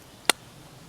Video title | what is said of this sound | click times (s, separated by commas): A Farewell to SSR, Bushcrafting with the Pack Axe & Mora 2000 Knife and Firecraft | nice plastic sheath you get a little click | 0.3 s